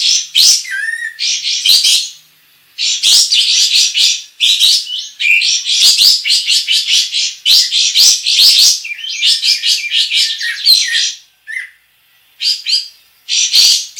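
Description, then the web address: Sooty-headed Bulbul pouring out long runs of rapid, scratchy twittering and chattering phrases, broken by a few short silences. Song described as gacor, meaning singing energetically and continuously. "kapas-tembak suara-kapas-tembak-gacor"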